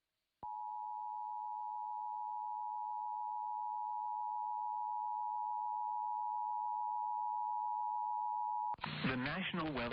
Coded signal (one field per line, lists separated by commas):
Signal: Emergency Alert System (SAME) tones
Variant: 853 and 960 Hz attention tone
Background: speech